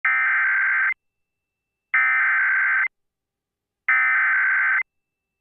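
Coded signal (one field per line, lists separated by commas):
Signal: Emergency Alert System (SAME) tones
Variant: header bursts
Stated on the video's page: Severe thunderstorm warning EAS tones received on NOAA Weather Radio.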